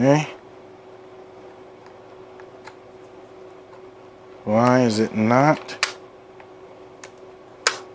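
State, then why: Seated. A plastic Unity Tactical WZL magazine indicator is pushed into a magazine base plate while someone talks. After a few faint taps, it pops into place with a sharp click at 7.7 s and sits flush.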